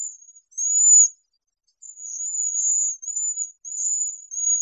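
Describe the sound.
Cedar waxwing calls: high, thin sibilant trills, one loud note, then a pause, then a steady run of wispy whistles.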